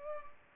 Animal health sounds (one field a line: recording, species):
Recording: mosquito wingbeat signal from an infrared sensor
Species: Culex pipiens